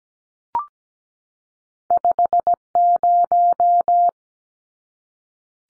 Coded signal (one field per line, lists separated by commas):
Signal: Morse code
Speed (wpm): 17 wpm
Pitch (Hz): 700 Hz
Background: none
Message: 50